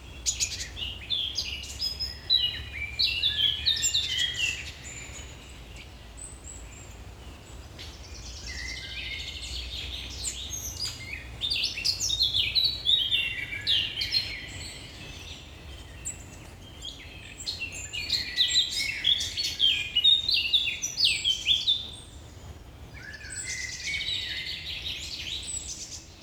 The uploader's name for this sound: The Birds are Singing This Morning